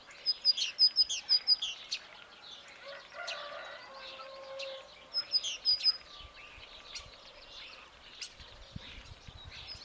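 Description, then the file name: Great tit calls: a quick run of sharp, high notes in the first two seconds and a shorter burst later, with other birds chirping more softly. "Parus major"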